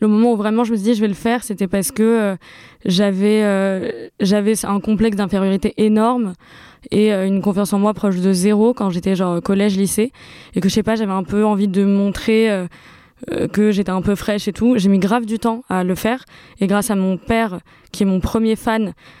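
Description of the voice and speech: Adult female speaker born with a cleft palate, speaking French in connected conversational speech. Nasal air emission from velopharyngeal insufficiency: a poorly working muscle fails to stop air passing into the nose, so an audible rubbing noise of air escaping through the nose is heard during speech.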